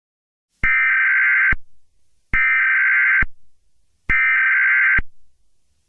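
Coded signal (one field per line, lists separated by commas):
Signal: Emergency Alert System (SAME) tones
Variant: header bursts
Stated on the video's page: Fictional EAS scenario.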